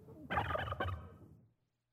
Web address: Madacy Music Group Inc 292 Sound Effects. Turkeys